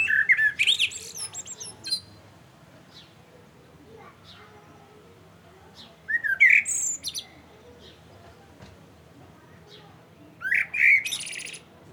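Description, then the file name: Common blackbird singing three separate phrases, each a low rich whistle followed by a thin, high twittering flourish, with quiet pauses of a few seconds. "Turdus merula"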